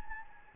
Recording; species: mosquito wingbeat signal from an infrared sensor; Anopheles gambiae